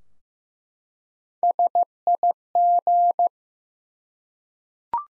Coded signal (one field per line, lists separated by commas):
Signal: Morse code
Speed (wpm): 15 wpm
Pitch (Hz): 700 Hz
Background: none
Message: SIG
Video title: Top 180 QSO Elements 15wpm